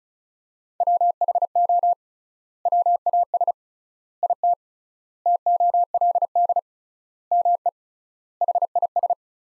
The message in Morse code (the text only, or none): WHO WAS IT TOLD ME HIS